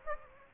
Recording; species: mosquito wingbeat signal from an infrared sensor; Aedes aegypti